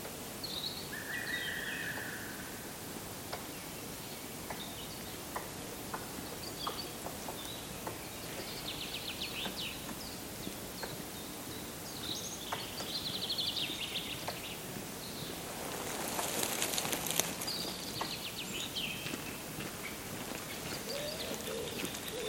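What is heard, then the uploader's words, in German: A squirrel scolds from directly overhead with short, sharp clicks and chatters repeated irregularly across the clip. Bright bird calls appear now and then, and a dense burst of hissy rustling rises around sixteen to eighteen seconds before settling again. Das Geräusch eines schimpfenden Eichhörnchens direkt über mir.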